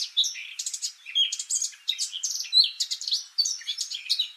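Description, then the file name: Eurasian blackcap song: a fast, scratchy, continuous warble of varied chattering and whistled notes, with no pauses and no other sounds. "Sylvia atricapilla"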